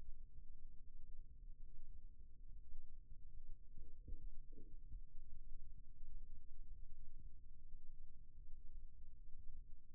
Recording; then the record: forearm muscle sounds (acoustic myography)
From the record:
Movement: rest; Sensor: system 2, bracelet of six BSWA MPA416 microphones around the upper forearm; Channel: 1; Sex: male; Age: 22 years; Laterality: right